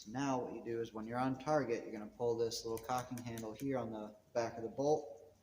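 Someone talks while handling the small cocking handle on the back of the bolt of a loaded, bolt-closed but not yet cocked Keystone Cricket .22 caliber youth bolt-action rifle, about to pull it rearward until the striker catches. The clip is only speech; nothing has clicked or seated yet.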